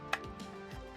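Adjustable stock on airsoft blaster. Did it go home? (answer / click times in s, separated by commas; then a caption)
no / none. Someone handles the plastic two-position adjustable stock on an XYL KM9 Unicorn airsoft blaster, pressing the button underneath and pushing the stock in toward its second position. A short sharp tap rises at 0.1 s over a steady tonal background with faint handling noise. Nothing has seated or clicked into place yet.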